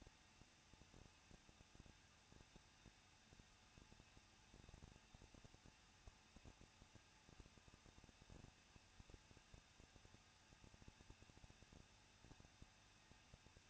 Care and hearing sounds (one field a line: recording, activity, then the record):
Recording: daily activity, microphone in the room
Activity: no activity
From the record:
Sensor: 2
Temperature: 21.0 degrees Celsius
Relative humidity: 37.3%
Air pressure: 1006.3 hPa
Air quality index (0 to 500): 221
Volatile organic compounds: 23 ppm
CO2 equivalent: 2792 ppm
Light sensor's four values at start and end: 2/3/2/2 and 2/3/2/2